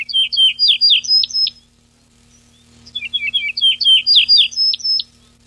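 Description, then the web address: Yellow-breasted bunting singing two matching phrases about three seconds apart, each a quick run of sharp, downward-slurred whistles ending in slightly longer notes, over a steady low hum. Recorded 14 July 2006. "birdsong 7 14 06 Eaureola"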